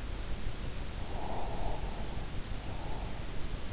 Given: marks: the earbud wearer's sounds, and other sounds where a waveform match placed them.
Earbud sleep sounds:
sounds in sleep by an in-ear microphone; breath
1.24-3.24 s: breath

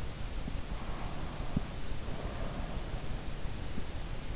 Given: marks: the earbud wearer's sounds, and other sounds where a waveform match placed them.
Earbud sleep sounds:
sounds in sleep by an in-ear microphone; breath
1.71-4.19 s: breath

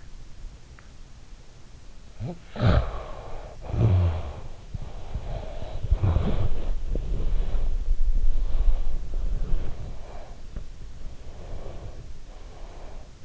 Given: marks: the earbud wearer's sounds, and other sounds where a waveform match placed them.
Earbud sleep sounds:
sounds in sleep by an in-ear microphone; teeth grinding, snoring breath, body movement, breath
0.77-0.99 s: teeth grinding
2.13-3.64 s: snoring breath
3.73-4.72 s: snoring breath
4.84-8.09 s: snoring breath
6.12-12.26 s: body movement
8.18-10.61 s: breath
11.11-13.25 s: breath

